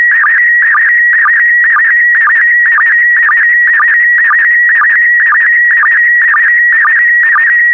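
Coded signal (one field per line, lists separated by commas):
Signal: SSTV (slow-scan television)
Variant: PD120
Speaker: complete you can now check your decoded image against the picture that is shown on the video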